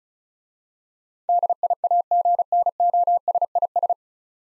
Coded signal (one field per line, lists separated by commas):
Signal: Morse code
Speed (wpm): 35 wpm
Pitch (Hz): 700 Hz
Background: none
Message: DIAGNOSIS